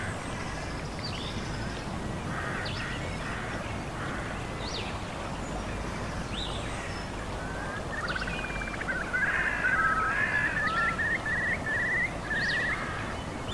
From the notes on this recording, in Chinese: 真实录制的大自然白噪音氛围